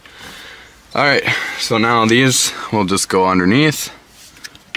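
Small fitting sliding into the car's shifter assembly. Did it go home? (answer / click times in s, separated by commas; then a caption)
yes / 4.8 s. Small parts of a Cosmo Racing short shifter assembly are slid up underneath into position during its install on a 2022 Corolla hatchback, while someone talks. After the talking, faint taps at about 4.5 and 4.6 seconds lead to a sharp click at 4.8 seconds as a fitting seats in place.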